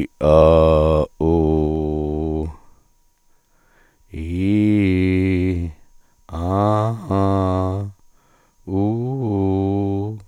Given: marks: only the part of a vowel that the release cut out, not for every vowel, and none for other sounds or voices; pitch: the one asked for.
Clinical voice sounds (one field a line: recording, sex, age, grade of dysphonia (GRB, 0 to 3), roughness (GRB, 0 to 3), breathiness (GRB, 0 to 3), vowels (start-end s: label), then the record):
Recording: sustained vowels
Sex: male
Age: 50 to 59 years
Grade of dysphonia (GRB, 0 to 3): 2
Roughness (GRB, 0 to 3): 2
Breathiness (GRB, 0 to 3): 2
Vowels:
0.39-0.95 s: vowel /a/, low pitch
1.34-2.25 s: vowel /u/, low pitch
4.44-5.44 s: vowel /i/, low-high-low pitch
6.52-7.63 s: vowel /a/, low-high-low pitch
8.85-9.94 s: vowel /u/, low-high-low pitch
From the record:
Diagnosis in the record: dysphonia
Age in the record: 59 years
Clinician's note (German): Multifaktoriell ponogen